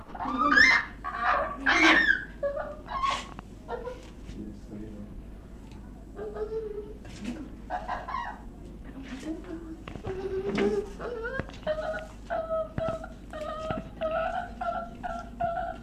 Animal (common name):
Western Gorilla